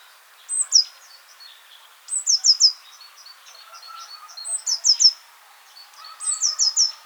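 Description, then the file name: Eurasian blue tit giving high, tinkling groups of quick descending notes roughly every two seconds. "Cyanistes caeruleus"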